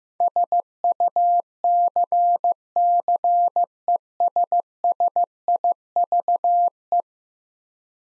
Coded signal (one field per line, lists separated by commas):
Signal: Morse code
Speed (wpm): 16 wpm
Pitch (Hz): 700 Hz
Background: none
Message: SUCCESSIVE